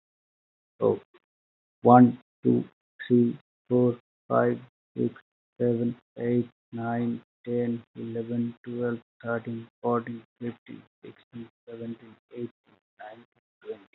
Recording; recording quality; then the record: counting at a normal pace; moderate, slight background noise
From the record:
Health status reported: healthy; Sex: male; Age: 28 years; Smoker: yes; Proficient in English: yes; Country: India